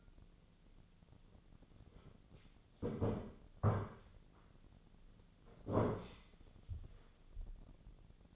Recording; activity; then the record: daily activity, microphone in the room; sit down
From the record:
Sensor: 4